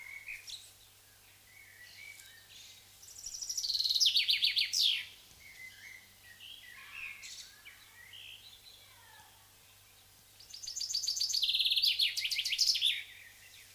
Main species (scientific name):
Fringilla coelebs